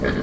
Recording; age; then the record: pig call; growing-finishing pig (85 days or more)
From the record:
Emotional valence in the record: positive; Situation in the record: enriched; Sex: female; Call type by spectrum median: low-frequency call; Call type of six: low-frequency modulated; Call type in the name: low-frequency stable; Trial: 4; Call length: 0.23 s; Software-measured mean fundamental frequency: 45 Hz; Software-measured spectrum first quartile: 249 Hz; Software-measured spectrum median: 501 Hz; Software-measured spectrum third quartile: 1337 Hz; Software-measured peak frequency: 202 Hz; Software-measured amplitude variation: 110 dB a second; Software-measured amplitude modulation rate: 32.1 a second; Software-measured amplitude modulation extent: 3.4 dB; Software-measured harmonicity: -0.2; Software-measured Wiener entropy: -1.45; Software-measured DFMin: 982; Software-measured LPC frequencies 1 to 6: 424, 1671, 3249, 3903, 4502, 5210 Hz